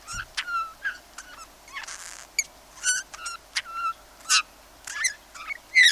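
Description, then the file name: Eurasian bullfinch giving clear downslurred whistles mixed with sharp squeaky notes at an uneven pace, with one short rushing noise partway through. "Pyrrhula pyrrhula"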